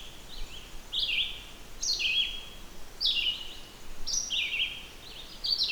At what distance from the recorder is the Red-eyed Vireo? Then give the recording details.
about 15 m. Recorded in boreal forest in Alberta, Canada, on 16 June 2016 at 08:33. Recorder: SongMeter 3, array SBT-3-32. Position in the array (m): 159 m, 115 m